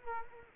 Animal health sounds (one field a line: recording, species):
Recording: mosquito wingbeat signal from an infrared sensor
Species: Culex quinquefasciatus